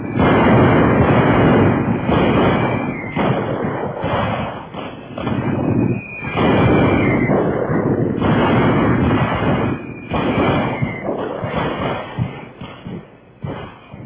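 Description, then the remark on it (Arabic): Heavy artillery fire and explosions roar in dense, repeated bursts, a continuous loud rumble of booms with brief dips between volleys and no voices. “فتنطلق في السماء تلك الوحوش الطائرة المدمرة، أصحابها زغاريد طلقات نيران ذلك الرجل الرهيب قائد المدفعية”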